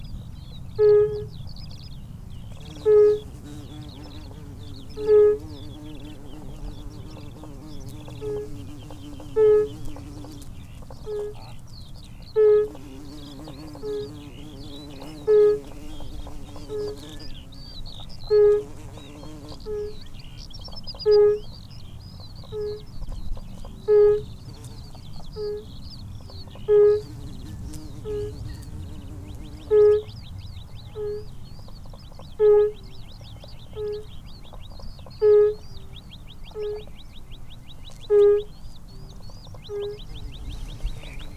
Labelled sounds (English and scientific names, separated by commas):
Fire-Bellied Toad (Bombina bombina) call